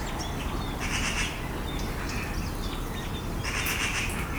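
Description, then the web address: Eurasian magpie giving brief harsh rattling chatters, one near the first second and another near the end, with soft chirps of other birds between them. "pub SETE data Pica pica"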